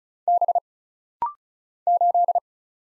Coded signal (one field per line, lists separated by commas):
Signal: Morse code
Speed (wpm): 35 wpm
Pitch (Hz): 700 Hz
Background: none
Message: B 8